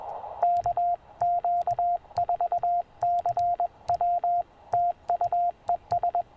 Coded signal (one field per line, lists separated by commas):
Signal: Morse code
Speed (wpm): 21 wpm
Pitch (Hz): 690 Hz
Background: radio noise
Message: KQ4CW TU ES